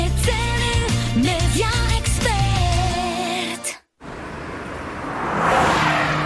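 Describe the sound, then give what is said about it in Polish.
A loud car engine, in a radio advert for the new Honda HR-V with a 1.5 turbo engine, revs with rising and falling pitch, then cuts off for a brief moment before a harsh, hissing tire skid sweeps in and builds. “Nowa Honda HR-V. Teraz z nowym silnikiem 1.5 turbo.”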